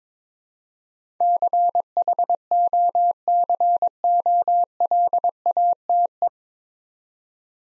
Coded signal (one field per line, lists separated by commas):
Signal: Morse code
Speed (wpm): 22 wpm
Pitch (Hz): 700 Hz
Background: none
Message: CHOCOLATE